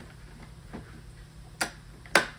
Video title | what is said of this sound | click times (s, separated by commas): Changing Receipt Paper Rolls - HK Systems Cash Register Tutorials | make sure it clicks down | 2.2 s